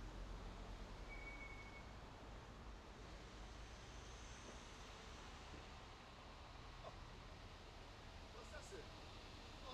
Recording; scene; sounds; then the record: everyday scene through a hearing-aid microphone; in traffic; traffic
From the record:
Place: main road on the outskirts, rush hour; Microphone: in the ear canal, left